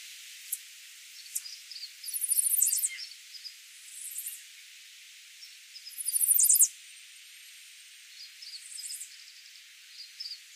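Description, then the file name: Chestnut-sided warbler repeating a high, fast song phrase a few times, with soft chips and twitters in between. "Setophaga pensylvanica - Chestnut-sided Warbler"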